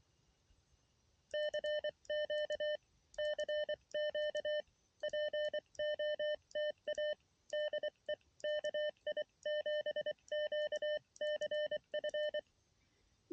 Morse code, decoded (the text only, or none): CQ CQ POTA DE KI7QCF